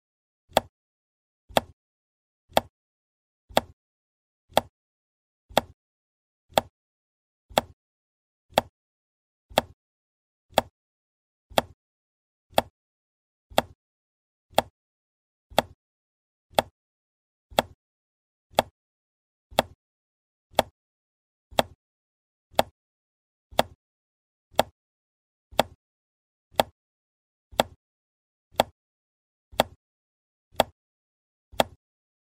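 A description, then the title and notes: A metronome ticks steadily at about one sharp, bright click per second, roughly sixty beats a minute, with silence between beats. Metronome Tempo.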